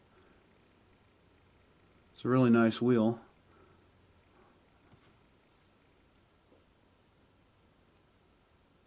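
Someone briefly talks around 2.2–3.2 s while handling and lining up a plastic HO-scale wheelset to refit it into the plastic truck frame of a ScaleTrains Kit Classics HO Evans 5100 RBL model train car. The rest of the clip is quiet apart from faint handling ticks, and the wheelset has not yet snapped or clicked into place.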